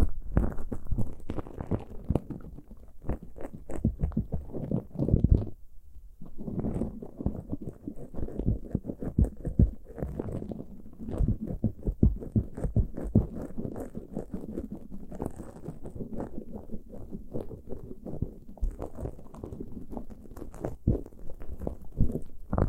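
Ear picking heard as dense, irregular scratching and muffled thumps, mostly low and dull with occasional brighter clicks. The rustling runs almost continuously, with a brief quiet gap just after five seconds, and faint soft pulses like a heartbeat underneath.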